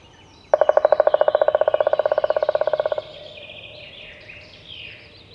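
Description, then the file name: Black woodpecker drumming, a fast even roll of many strikes lasting about two and a half seconds, then steady background noise. "palokarki janerikbruun"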